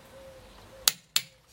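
A torque wrench set to 110 tightens a nut on a car wheel. Two sharp clicks at 0.9 s and 1.2 s mark the wrench releasing at its setting, and the torque is confirmed reached.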